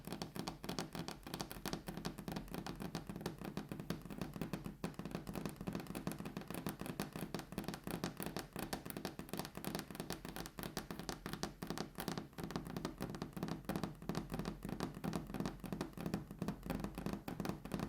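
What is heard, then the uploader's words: Fingers tap steadily on a table, a fast, dense stream of small knocks that continues without pause for the whole stretch. The taps sound fairly dull, with a low hum underneath. ASMR Table Tapping (No Talking).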